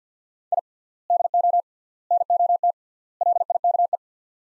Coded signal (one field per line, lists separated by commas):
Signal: Morse code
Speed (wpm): 49 wpm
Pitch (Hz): 700 Hz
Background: none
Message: I DO NOT LIKE